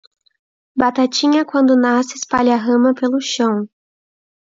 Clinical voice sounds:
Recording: short text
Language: Brazilian Portuguese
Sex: female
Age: 18 to 19 years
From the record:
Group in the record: control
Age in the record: 18 years

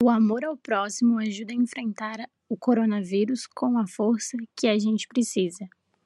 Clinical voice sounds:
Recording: spoken sentence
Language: Brazilian Portuguese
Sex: female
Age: 20 to 29 years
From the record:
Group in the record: control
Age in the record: 20 years

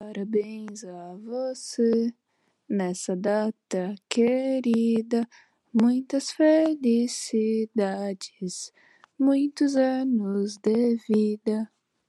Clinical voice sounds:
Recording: short text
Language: Brazilian Portuguese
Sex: female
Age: 20 to 29 years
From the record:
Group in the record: control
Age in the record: 23 years

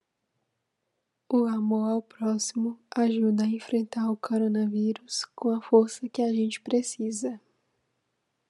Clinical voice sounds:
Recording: spoken sentence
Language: Brazilian Portuguese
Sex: female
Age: 20 to 29 years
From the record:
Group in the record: control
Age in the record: 23 years

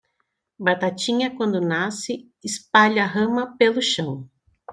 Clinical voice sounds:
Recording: short text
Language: Brazilian Portuguese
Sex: female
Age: 30 to 39 years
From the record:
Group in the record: control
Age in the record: 37 years

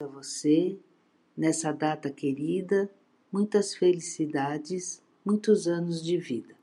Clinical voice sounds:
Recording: short text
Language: Brazilian Portuguese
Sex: female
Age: 60 to 69 years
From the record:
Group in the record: control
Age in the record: 61 years

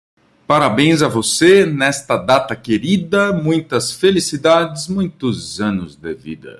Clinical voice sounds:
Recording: short text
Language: Brazilian Portuguese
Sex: male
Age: 40 to 49 years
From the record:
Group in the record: control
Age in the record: 42 years

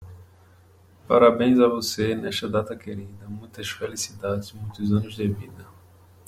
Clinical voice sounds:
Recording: short text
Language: Brazilian Portuguese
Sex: male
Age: 30 to 39 years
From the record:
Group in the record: control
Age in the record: 32 years

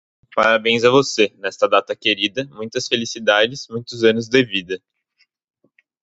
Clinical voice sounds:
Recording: short text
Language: Brazilian Portuguese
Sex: male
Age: 18 to 19 years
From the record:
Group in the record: control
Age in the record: 19 years

